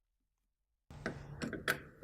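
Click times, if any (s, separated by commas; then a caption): none. A fully assembled plastic AC connector is handled at the AC socket of an SMA Sunny Tripower 3.0–6.0 inverter. After silence, handling noise starts at about 0.9 s, with short knocks at 1.1, 1.4, 1.5 and 1.7 s. The connector has not seated or clicked into the socket yet.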